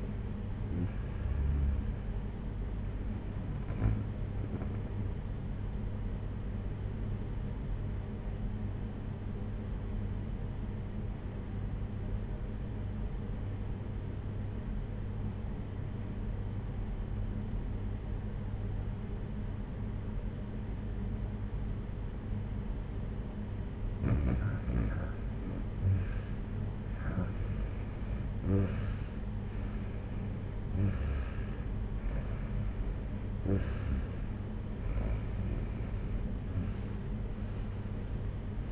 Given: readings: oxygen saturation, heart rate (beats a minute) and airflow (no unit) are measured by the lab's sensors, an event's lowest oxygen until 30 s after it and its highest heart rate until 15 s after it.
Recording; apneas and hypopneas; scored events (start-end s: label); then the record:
breathing in sleep by a smartphone at the bedside; 1
6.00-26.90 s: obstructive apnea (REM, oxygen 96% highest, then 88% lowest, heart rate 60 at the start, 73 highest)
From the record:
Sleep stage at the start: REM sleep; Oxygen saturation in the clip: 89 to 96%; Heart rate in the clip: 58 to 69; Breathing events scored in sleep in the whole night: 226 in 8.8 hours asleep